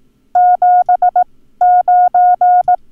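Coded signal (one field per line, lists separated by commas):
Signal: Morse code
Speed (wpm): 18 wpm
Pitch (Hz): 720 Hz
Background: none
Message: 79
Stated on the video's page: Morse code lesson teaching the numbers 9 and 0 for ham radio use.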